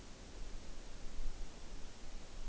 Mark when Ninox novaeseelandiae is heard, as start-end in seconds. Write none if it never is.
none